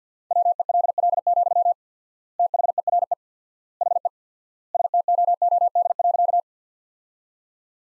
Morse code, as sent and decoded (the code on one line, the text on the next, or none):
.-- . .-.. .-.. --..-- / - .... . .-. . / .... . / ... - --- --- -.. .-.-.-
WELL, THERE HE STOOD.